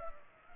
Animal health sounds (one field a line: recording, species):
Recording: mosquito wingbeat signal from an infrared sensor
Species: Culex pipiens